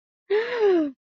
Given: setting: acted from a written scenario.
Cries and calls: vocal sound without words; awe

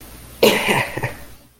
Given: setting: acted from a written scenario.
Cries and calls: vocal sound without words; ecstasy

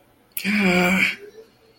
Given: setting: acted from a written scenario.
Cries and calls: vocal sound without words; disappointment

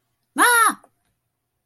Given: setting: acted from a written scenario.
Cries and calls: vocal sound without words; fear

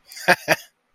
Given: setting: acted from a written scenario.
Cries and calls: vocal sound without words; amusement

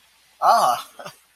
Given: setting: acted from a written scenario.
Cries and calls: vocal sound without words; positive surprise

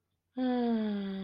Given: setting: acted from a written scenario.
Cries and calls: vocal sound without words; serenity

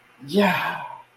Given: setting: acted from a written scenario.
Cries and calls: vocal sound without words; triumph

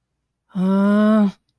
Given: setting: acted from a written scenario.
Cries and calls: vocal sound without words; distress

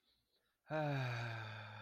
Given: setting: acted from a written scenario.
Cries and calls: vocal sound without words; ecstasy

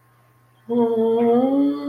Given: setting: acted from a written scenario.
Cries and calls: vocal sound without words; sadness

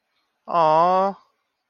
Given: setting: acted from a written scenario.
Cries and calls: vocal sound without words; adoration

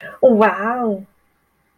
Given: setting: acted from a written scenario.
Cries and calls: vocal sound without words; positive surprise

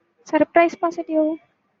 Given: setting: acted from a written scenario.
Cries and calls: vocal sound without words; positive surprise

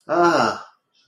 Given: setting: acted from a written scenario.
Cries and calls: vocal sound without words; distress

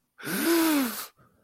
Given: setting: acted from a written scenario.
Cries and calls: vocal sound without words; distress

